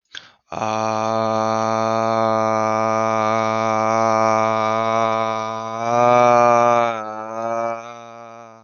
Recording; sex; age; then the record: vowel held as long as possible; male; 20 to 29 years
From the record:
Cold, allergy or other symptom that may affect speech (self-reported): no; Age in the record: 20 years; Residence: Connecticut, United States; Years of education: 14